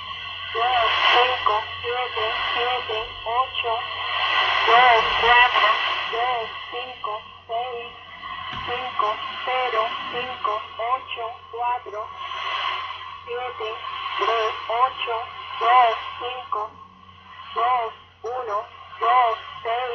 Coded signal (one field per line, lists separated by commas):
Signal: numbers station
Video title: Numbers Station Dec 15 2014